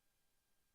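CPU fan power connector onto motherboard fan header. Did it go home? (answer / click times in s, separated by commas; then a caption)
no / none. A CPU fan power plug is lined up with its motherboard fan header and pushed on in the dark, heard only as a faint, steady low hiss with no distinct clicks. Nothing has seated or clicked yet in this clip; the connector is handled but not yet home.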